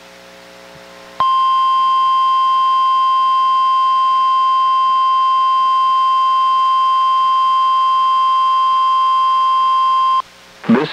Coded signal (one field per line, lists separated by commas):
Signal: Emergency Alert System (SAME) tones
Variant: 1050 Hz attention tone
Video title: EAS #839: NWR Required Weekly Test- July 5, 2023- 11:05AM PDT